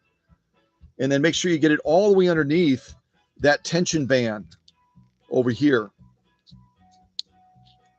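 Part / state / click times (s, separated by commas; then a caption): bobbin thread into bobbin case tension spring of a sewing machine / seated / 7.2 s. The metal bobbin's thread on a 1950s Pfaff 130-6 sewing machine, repaired after falling over 4 feet and arriving in pieces, is pulled through the slot in the bobbin case and under the tension band while someone talks. At 7.2 s a sharp click is heard as the thread snaps into place under the bobbin case tension spring, seated.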